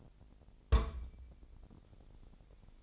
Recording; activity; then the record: daily activity, microphone in the room; place on stove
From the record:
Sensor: 5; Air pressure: 999.4 hPa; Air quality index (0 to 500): 225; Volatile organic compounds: 22 ppm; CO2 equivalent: 2745 ppm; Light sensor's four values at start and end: 31/71/29/28 and 32/72/29/29